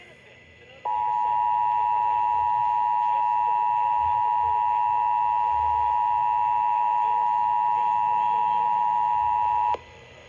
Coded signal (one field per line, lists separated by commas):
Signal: Emergency Alert System (SAME) tones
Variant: 853 and 960 Hz attention tone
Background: speech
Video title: Lowkenuinely forgotten RMT from this month (EAS 464-466)